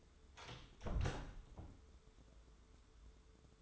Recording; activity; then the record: daily activity, microphone in the room; close door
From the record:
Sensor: 3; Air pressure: 1015.2 hPa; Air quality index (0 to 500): 180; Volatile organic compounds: 17 ppm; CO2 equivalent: 2581 ppm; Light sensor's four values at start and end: 12/31/12/12 and 14/35/14/15